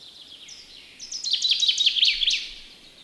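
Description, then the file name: Common chaffinch song: a fast run of bright, high notes ending in a short flourish, with fainter notes before it. Common bird of Estonia, heard in spring. "metsvint"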